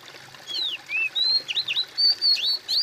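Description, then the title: Bird song: a rapid series of clear whistled notes, some arched, some rising and falling, high-pitched, over steady background hiss. "kOMPILASI suara bird"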